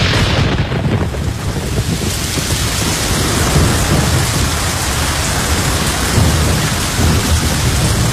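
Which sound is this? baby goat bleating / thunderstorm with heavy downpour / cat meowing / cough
thunderstorm with heavy downpour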